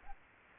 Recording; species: mosquito wingbeat signal from an infrared sensor; Aedes aegypti